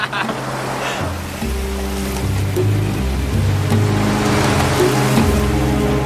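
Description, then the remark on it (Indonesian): Sea water rushes and splashes steadily around a boat riding on the sea at night, a broad continuous wash layered over a low, droning hum that shifts pitch now and then, with no voices. “Asik kan naik perahu malam-malam?”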